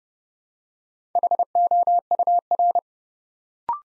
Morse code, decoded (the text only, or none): HOUR